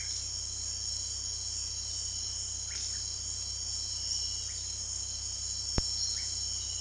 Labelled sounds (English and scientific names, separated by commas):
Russet-backed Oropendola (Psarocolius angustifrons)